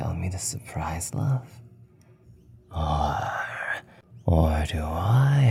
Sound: whispering